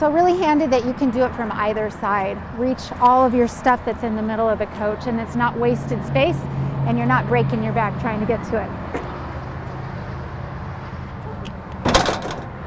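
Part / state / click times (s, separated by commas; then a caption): RV basement slide-out storage tray into its locked position / seated / 11.9 s. Someone talks while the pass-through basement storage slide-out tray of a 2023 Newmar Ventana 4328 coach is slid into position, with a low steady hum underneath. A loud knock at 12.0 s marks the tray locking into place.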